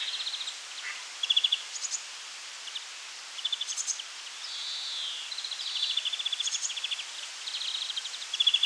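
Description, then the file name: European greenfinch song: bursts of rapid trills and chirps with a drawn-out wheezy buzz midway. "Chloris chloris"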